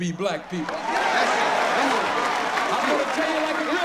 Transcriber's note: applause